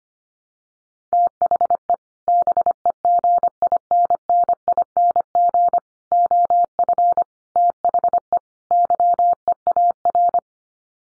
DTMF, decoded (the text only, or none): none